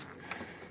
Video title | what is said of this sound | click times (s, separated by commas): Headlight Replacement 2003 Silverado | it's basically just a snap it goes in there and snaps in place so | 0.3 s